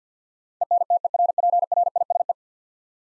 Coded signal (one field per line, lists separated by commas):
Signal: Morse code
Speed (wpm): 50 wpm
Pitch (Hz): 700 Hz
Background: none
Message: ENTERPRISE